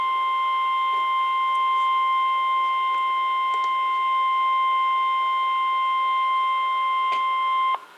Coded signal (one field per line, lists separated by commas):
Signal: Emergency Alert System (SAME) tones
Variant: 1050 Hz attention tone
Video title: NOAA Radio EAS #12 Severe Thunderstorm Warning